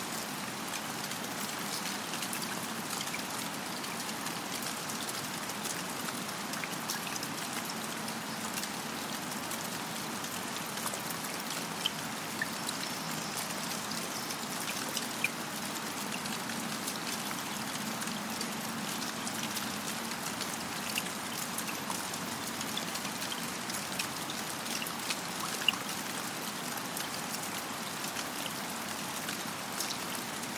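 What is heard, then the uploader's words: A forest pond in steady rain, the patter forming a dense, even hiss with no lulls. Occasional louder drips tick around twelve, fifteen and twenty-six seconds. A faint low rumble, perhaps traffic, sits underneath throughout. Forest Park Ephemeral Pond. This recording was made in Portland Oregon’s Forest Park.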